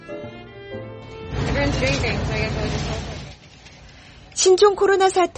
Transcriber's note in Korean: 현장음:식료품 배급 현장